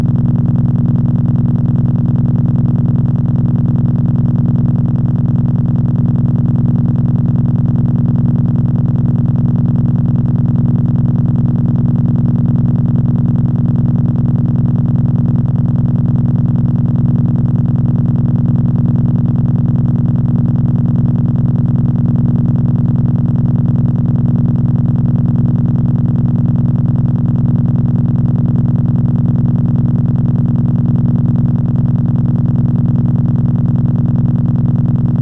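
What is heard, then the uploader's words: A steady 50Hz electrical hum drones without change for the whole stretch, thick and low with a buzzing layer of overtones above it. The level stays perfectly even, like a motor idling, with no separate events. 50Hz.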